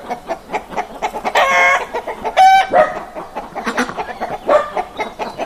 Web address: chickens